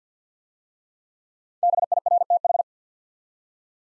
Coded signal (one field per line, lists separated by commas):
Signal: Morse code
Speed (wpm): 48 wpm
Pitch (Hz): 700 Hz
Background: none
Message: BIRTH